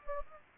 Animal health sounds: mosquito wingbeat signal from an infrared sensor; Anopheles gambiae

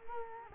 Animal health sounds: mosquito wingbeat signal from an infrared sensor; Culex quinquefasciatus

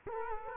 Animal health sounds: mosquito wingbeat signal from an infrared sensor; Culex quinquefasciatus

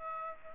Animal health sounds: mosquito wingbeat signal from an infrared sensor; Aedes aegypti

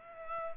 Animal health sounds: mosquito wingbeat signal from an infrared sensor; Culex pipiens

